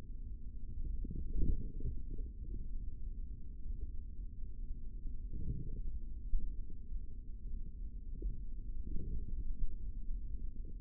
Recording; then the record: forearm muscle sounds (acoustic myography)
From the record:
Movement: tripod grip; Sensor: system 3, bracelet of six PUI Audio POM-2738L microphones around the upper forearm, with dedicated amplification and filtering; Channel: 6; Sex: male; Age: 25 years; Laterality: right